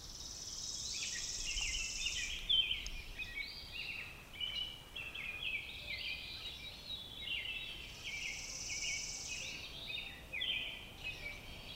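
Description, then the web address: Robin song: fast, jumbled twittering phrases run throughout, with an insect's flat, sustained buzz at the start and again later. "Sounds of Nature Robins"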